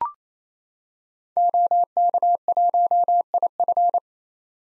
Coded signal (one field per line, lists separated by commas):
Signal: Morse code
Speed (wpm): 28 wpm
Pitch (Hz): 700 Hz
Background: none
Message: OK1IF